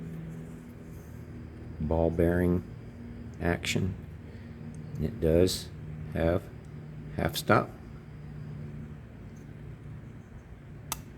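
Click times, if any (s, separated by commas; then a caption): 10.9 s. Someone talks while closing the blade of a Kershaw Federalist folding knife, which has a ball-bearing detent action and a half stop. At 10.9 s the blade drops into the handle's closed detent with a single sharp, very positive click, seating it closed.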